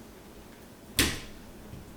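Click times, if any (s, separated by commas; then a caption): 1.0 s. A retaining clip is pushed back into place during reassembly of a Jeep Wrangler/Chrysler/Dodge car radio head unit. After a quiet stretch, a single sharp, bright click lands at 1.0 s and fades quickly. The clip is seated.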